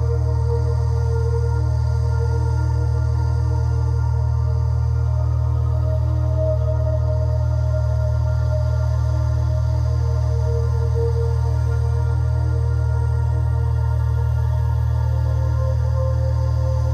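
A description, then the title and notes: Gamma state binaural beats: a strong, unbroken low hum holds steady for the whole clip. Above it, a soft ambient drone of layered sustained tones slowly swells and fades in the middle range, with a faint, thin shimmer higher up and no distinct events. Gamma State Binaural Beats Ambient Sound.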